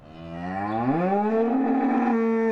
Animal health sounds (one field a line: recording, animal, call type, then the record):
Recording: contact call of a hoofed animal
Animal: cattle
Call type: low-frequency (closed-mouth) or high-frequency (open-mouth) call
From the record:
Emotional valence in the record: negative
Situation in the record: full separation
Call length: 2.6 s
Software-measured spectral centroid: 860 Hz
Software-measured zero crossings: 1050 a second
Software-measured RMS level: -24 dBFS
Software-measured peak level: -11 dBFS